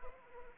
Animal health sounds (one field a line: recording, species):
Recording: mosquito wingbeat signal from an infrared sensor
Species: Anopheles arabiensis